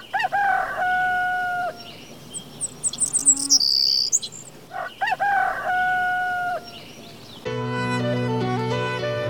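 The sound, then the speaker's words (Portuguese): A rooster crows twice in long, bright, wavering calls over a steady chirr of crickets, with higher bird chirps in between, before music with sustained tones takes over. “E os galos de Barcelos voltaron a cantar anunciando os novos días.”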